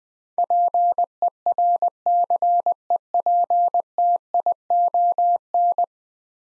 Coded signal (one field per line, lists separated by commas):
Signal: Morse code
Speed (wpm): 20 wpm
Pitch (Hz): 700 Hz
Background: none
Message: PERCEPTION